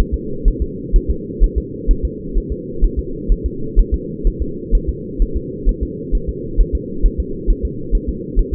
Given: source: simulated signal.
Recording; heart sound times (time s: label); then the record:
fetal heart sounds
0.14 s: S2
0.48 s: S1
0.62 s: S2
0.96 s: S1
1.10 s: S2
1.44 s: S1
1.58 s: S2
1.91 s: S1
2.05 s: S2
2.38 s: S1
2.52 s: S2
2.84 s: S1
2.99 s: S2
3.32 s: S1
3.46 s: S2
3.80 s: S1
3.94 s: S2
4.27 s: S1
4.42 s: S2
4.75 s: S1
4.89 s: S2
5.22 s: S1
5.37 s: S2
5.69 s: S1
5.83 s: S2
6.15 s: S1
6.29 s: S2
6.61 s: S1
6.75 s: S2
7.06 s: S1
7.20 s: S2
7.51 s: S1
7.65 s: S2
7.95 s: S1
8.09 s: S2
8.39 s: S1
8.54 s: S2
From the record:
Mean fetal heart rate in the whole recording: 130 bpm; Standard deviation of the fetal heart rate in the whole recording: 4 bpm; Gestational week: 38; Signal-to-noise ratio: -4.3 dB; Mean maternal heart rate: 72 bpm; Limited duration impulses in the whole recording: absent